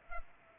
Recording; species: mosquito wingbeat signal from an infrared sensor; Culex pipiens